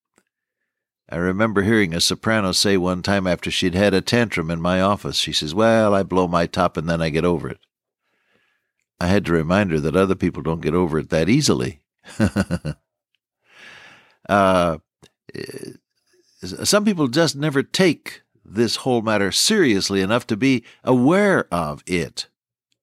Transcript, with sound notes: I remember hearing a soprano say one time after she’d had a tantrum in my office, she says, “Well, I blow my top and then I get over it.” I had to remind her that other people don’t get over it that easily. [chuckle] Some people just never take this whole matter seriously enough to be aware of it.